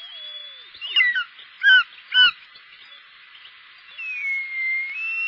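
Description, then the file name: Short-toed snake eagle giving three quick ringing, warbling notes, then a long whistled note that dips and rises, over faint hiss. "circaete jlb"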